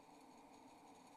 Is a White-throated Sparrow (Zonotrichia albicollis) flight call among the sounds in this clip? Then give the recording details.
no. No flight call is heard. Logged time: 02:42 on 28 November 2014